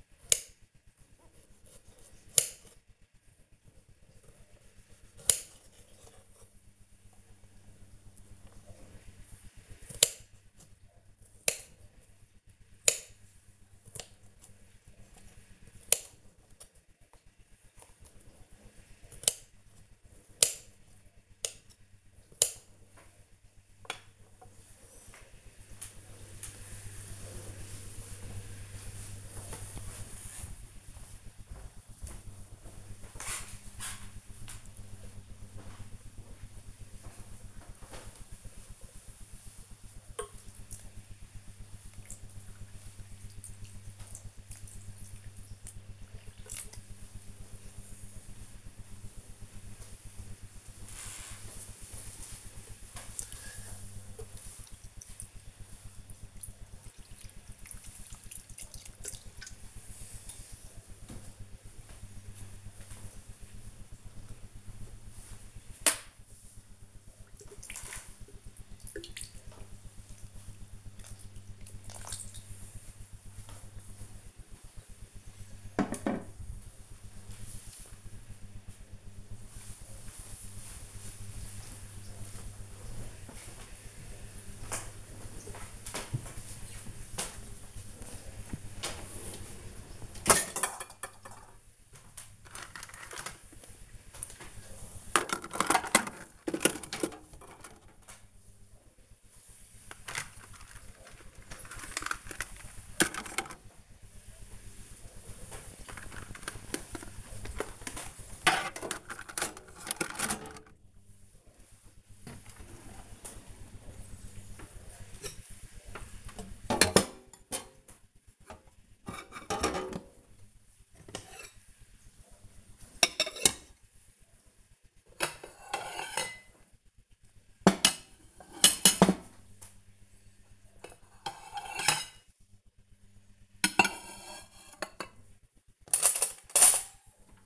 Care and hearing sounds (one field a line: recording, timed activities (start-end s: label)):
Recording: household activities, microphone on the right wrist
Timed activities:
0.00-23.59 s: cutting vegetables
34.71-75.07 s: watering plant
87.13-137.46 s: putting away the dishes